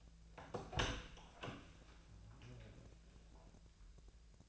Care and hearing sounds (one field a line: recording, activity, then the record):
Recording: daily activity, microphone in the room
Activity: open door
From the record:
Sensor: 2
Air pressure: 1000.4 hPa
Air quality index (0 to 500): 173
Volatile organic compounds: 3 ppm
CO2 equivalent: 1434 ppm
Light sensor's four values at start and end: 10/23/10/10 and 10/24/10/11